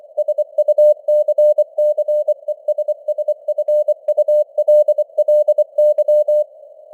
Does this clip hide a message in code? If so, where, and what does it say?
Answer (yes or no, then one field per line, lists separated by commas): yes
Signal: Morse code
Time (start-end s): 0.2-6.4 s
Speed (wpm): 24 wpm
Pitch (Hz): 600 Hz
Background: none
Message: SUCCESSFULLY